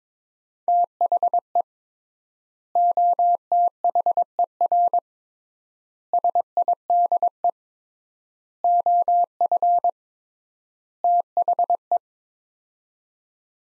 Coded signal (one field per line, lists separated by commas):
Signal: Morse code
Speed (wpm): 22 wpm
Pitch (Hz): 700 Hz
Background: none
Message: THE OTHER SIDE OF THE